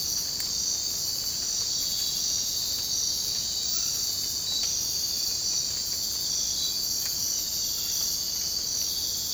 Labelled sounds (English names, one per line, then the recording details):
none
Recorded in dense forest near Puerto Asís, Putumayo, Colombia, on 24 March 2025 at 05:00
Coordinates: 0.485, -76.318
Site G056